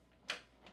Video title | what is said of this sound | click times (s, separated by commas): How to Make Goats Milk Ice Cream | and then turn till you hear the click. | 0.3 s